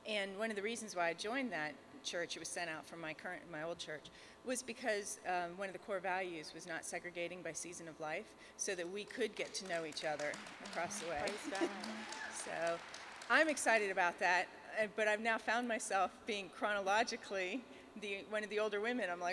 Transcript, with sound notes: One of the reasons why I joined that church, it was sent out from my old church, was because one of the core values was not segregating by season of life so that we could get to know each other across the way. (applause) I’m excited about that, but I now find myself being chronologically one of the older women.